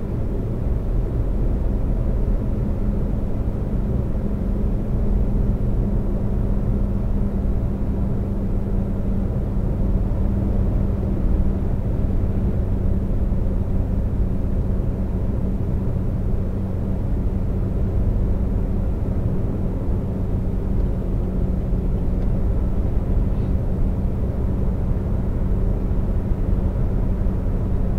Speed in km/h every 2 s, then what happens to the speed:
132, 132, 132, 132, 132, 132, 132, 132, 132, 132, 130, 130, 130, 130.
0-28 steady at about 132.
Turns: none.